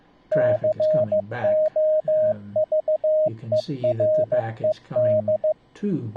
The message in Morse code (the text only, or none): COVERED